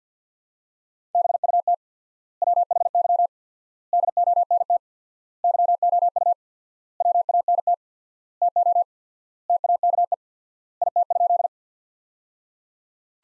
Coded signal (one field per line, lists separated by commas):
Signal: Morse code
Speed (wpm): 50 wpm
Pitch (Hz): 700 Hz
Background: none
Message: BUT WHY DONT YOU WANT TO TAKE IT?